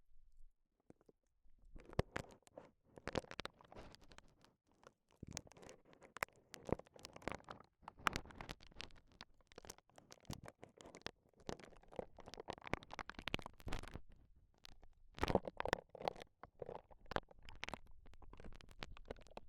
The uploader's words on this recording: 5 different GLOVES Sounds. (No Talking).